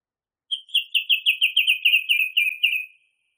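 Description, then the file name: Song thrush song: a tight, evenly paced string of repeated clear notes, slightly falling in pitch toward the end, about two and a half seconds long. Masteran recording made for training songbirds. "suara masteran songthrush"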